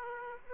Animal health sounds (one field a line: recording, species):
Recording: mosquito wingbeat signal from an infrared sensor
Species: Aedes aegypti